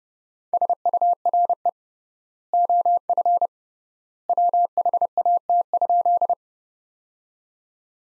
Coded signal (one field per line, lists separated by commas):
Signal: Morse code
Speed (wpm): 30 wpm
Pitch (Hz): 700 Hz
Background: none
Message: SURE OF WHAT?